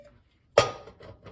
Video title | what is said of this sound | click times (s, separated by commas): Arrarex Caravel | It pops right in with your hands. | 0.6 s